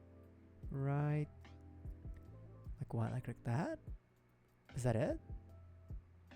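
A plastic Gunpla head part for a Gundam Base Limited Gundam Nadleeh model kit is pressed onto its neck joint while someone talks over background music. Only faint handling sounds are heard, and the head has not clicked into place yet.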